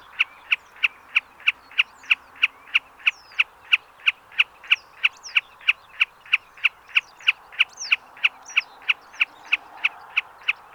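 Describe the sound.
Common snipe calling with a short, sharp note repeated very steadily about three times a second, with faint high twitters in the background.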